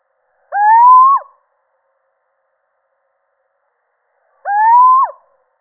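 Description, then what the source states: Little owl repeating its mewing, upward-sliding hoot twice, around four seconds between calls, each closing with a steep drop in pitch. Male.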